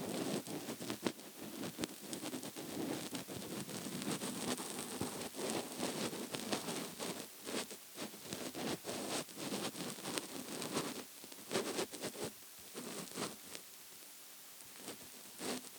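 Fingers scratch and rub across a soft couch cushion in a dense, steady run of crackly strokes. Sharper bright scrapes punch through irregularly, several per second, with brief lighter gaps near the end.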